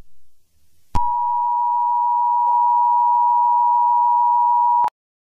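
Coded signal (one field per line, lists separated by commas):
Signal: Emergency Alert System (SAME) tones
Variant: 853 and 960 Hz attention tone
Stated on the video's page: Fictional EAS scenario from a horror alternate reality game; simulated alert, not a real broadcast.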